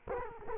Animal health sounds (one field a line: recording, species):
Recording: mosquito wingbeat signal from an infrared sensor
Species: Culex quinquefasciatus